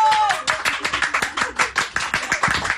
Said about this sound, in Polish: Dźwięk rozszczelny w kontenerze, bo tam ludzie biją brawo na zewnątrz, to niespecjalnie słychać.